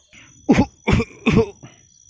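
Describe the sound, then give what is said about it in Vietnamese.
A man has a fit of violent, dry coughing: three harsh, loud hacks in quick succession, with softer coughs before and after, over a faint steady high-pitched whine. “Có điều hắn khó trách khỏi kịch liệt ho khan một tràng thì mới giảm bớt được cảm giác đau nhức nơi lồng ngực.”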